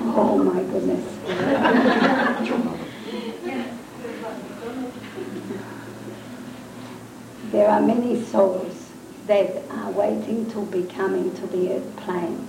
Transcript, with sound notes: Oh my goodness. (Laughter) There are many Souls that are waiting to be coming to the earth plane.